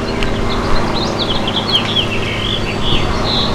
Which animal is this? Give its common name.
House Finch